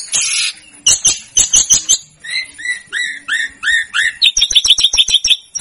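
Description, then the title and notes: Snowy-browed flycatcher song: scratchy opening, then a run of repeated slurred whistles and a quick high trilling series at the end. Masteran (training recording) of the bird known locally as tledekan gunung or sikatan gunung, used to teach songs to cage birds. "Masteran Tledekan Gunung Sikatan Gunung 1. BURUNG TLEDEKAN"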